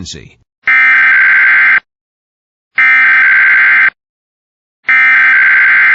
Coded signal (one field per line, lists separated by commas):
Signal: Emergency Alert System (SAME) tones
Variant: header bursts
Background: speech